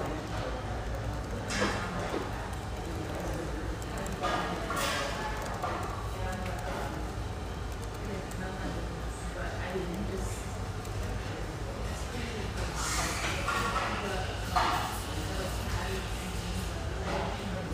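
A busy espresso house hums with a steady blend of overlapping voices and a low, constant rumble. Brief clinks and taps rise above the chatter now and then, notably near 2, 5, 13 and 15 seconds, while the overall level stays even throughout.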